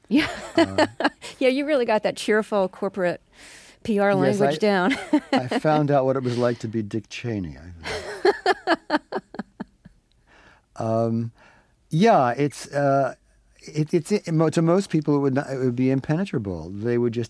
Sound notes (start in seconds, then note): 4.8 laughter; 7.8 laughter